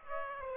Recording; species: mosquito wingbeat signal from an infrared sensor; Aedes aegypti